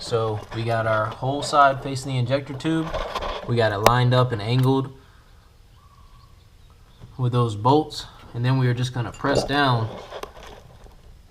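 A fuel injector for a Cummins is lined up and angled toward the injector tube before being pressed down into the cylinder head bore. Someone talks over light handling sounds, with a quiet pause in the middle. Nothing has seated or clicked yet.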